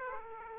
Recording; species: mosquito wingbeat signal from an infrared sensor; Aedes aegypti